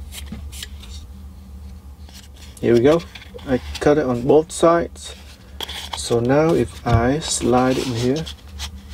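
Someone talks while handling a 24V power tool battery and a homemade EVA foam battery adapter, whose foam has been cut on both sides to form latches, with soft rubbing and a few brief sharp ticks around 5.6 and 5.9 seconds. The battery is being slid into the adapter, but nothing has seated or clicked yet.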